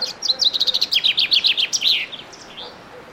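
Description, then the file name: Common chaffinch delivering a quick trill of repeated high notes that slides lower and finishes in an emphatic flourish, followed by a faint softer note and near silence. "Fringilla coelebs"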